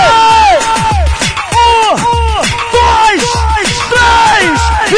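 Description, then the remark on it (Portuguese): A loud crowd at a live show shouts and cheers in rhythmic bursts, chanting "Tigre", with many voices yelling together over a pulsing low beat, each shout rising and falling in steady waves. “Eu vou no tigre e vocês vão no saúde.”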